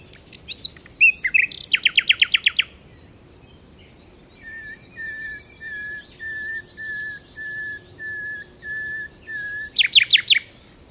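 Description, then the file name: Common nightingale song: a burst of rapid repeated sharp notes, then a slow series of pure, level whistles, then a brief burst of sharp notes, over steady background hiss. "Luscinia megarhynchos"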